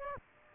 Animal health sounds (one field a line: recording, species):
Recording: mosquito wingbeat signal from an infrared sensor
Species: Aedes aegypti